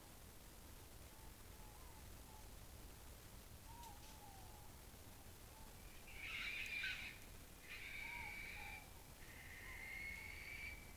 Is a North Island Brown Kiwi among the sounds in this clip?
no